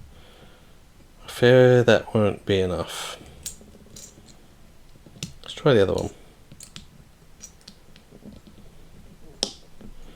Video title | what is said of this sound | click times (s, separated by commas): Pack 2(ish)- John Wick Mustang from Fanhome DeAgostini - 1:8 scale | Oh, I got a I got a click, but it still didn't stay in. | 9.4 s